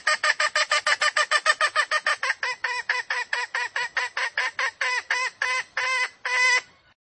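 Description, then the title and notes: Junglefowl calls: a long run of harsh clucks, quick at first, then slowing and lengthening before stopping. Female junglefowl; used as a lure to attract wild junglefowl. "Pancingan Ayam Hutan Betina. Suara Ayam Hutan Betina. Pemikat Ayam Hutan"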